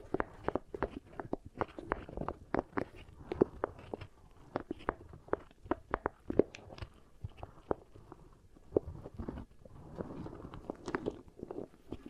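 Beeswax being pressed and worked as an ear trigger, making a dense run of sharp, sticky clicks and taps at an irregular, fairly quick pace. Toward the end the clicks soften into a crinkly, rustling texture with a few louder snaps.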